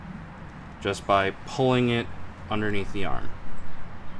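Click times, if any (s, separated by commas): none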